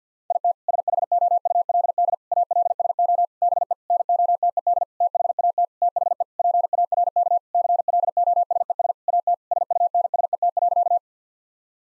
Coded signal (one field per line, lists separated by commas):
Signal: Morse code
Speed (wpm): 50 wpm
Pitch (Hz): 700 Hz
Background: none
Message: IT SHOULD ALSO BE NOTED THAT THE PARK CLOSES AT SUNSET.